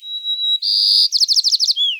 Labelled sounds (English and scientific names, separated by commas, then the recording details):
White-crowned Sparrow (Zonotrichia leucophrys) song
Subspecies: nuttalli
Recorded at Bonny Doon, California, in 2014
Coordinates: 36.999, -122.179
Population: admixed
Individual BODU_male978_14